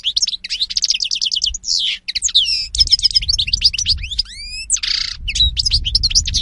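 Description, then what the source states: European goldfinch singing a rapid medley of bright twittering notes, rising whistles and harsh buzzy bursts. Spanish goldfinch lure call (reclamo).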